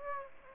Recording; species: mosquito wingbeat signal from an infrared sensor; Aedes aegypti